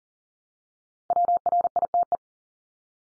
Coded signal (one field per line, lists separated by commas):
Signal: Morse code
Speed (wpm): 40 wpm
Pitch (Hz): 700 Hz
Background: none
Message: WRITE